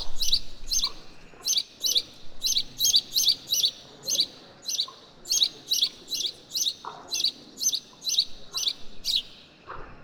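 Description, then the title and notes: Sparrows chirping almost nonstop, sharp chirps spaced roughly every half second, with a few brief lower sounds in between. Several noisy sparrows calling to one another on a square, Voie de l'Utopie, Quartier des Bruyères, Ottignies-Louvain-la-Neuve, Belgium. "Quartier des Bruyères, 1348 Ottignies-Louvain-la-Neuve, Belgique - Noisy sparrows. Noisy sparrows discuss on a square called Voie de l'Utopie"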